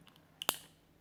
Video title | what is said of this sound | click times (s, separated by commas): Acura RDX Key Fob Battery Replacement (2007 - 2013) | and you're going to hear a little click. That's not it breaking, that's just the mechanism. | 0.4 s, 0.5 s